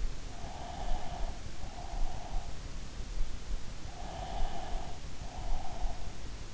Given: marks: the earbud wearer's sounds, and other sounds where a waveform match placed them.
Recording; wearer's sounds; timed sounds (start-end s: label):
sounds in sleep by an in-ear microphone; breath
0.02-2.74 s: breath
3.94-6.20 s: breath